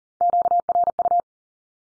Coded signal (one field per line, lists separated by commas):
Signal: Morse code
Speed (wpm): 42 wpm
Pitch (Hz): 700 Hz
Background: none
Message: QRU